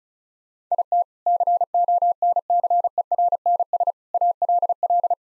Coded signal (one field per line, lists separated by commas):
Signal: Morse code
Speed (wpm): 36 wpm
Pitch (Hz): 700 Hz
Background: none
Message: IT CONCERNS ALL